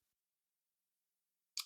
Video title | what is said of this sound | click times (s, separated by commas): EDC: Leatherman Wave +18 in 1vs Flissa 16 in 1, BiBury Pliers and Pro, Leatherman Wingman | and then it locks into place so you have the all you have four Tools in on this side | 1.6 s